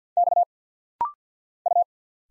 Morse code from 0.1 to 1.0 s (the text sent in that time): X